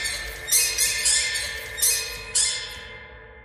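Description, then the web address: Birds giving harsh, squawking calls in four bursts, over a steady hum and broad noise. "soundfactory birds"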